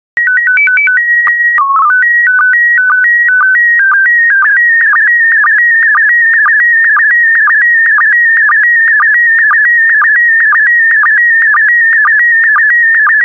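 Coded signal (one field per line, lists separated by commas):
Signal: SSTV (slow-scan television)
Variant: PD 120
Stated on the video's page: SSTV PD120 images with audio prompts.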